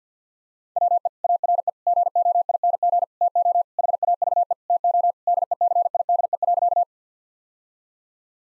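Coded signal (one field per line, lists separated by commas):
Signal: Morse code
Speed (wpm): 50 wpm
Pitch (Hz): 700 Hz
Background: none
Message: WE ARE GOING TO HAVE TO DECIDE.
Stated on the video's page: Morse code head-copy drill of sentences with common five-word phrases at 50 wpm, each sent, spoken, then sent again.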